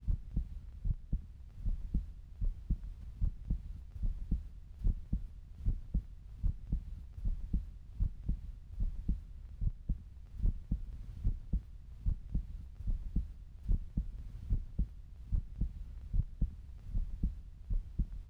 SFX The Human Body. Heartbeat.